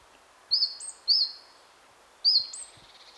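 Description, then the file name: Great tit calls: three short, sharp high notes, each with a thin upper tone, the first two about half a second apart and the third just over a second later. "Parus major"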